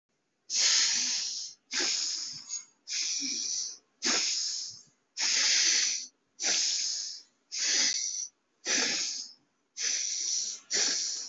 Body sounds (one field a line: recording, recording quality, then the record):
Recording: deep breathing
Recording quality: excellent, no background noise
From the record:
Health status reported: healthy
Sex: male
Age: 33 years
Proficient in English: yes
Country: India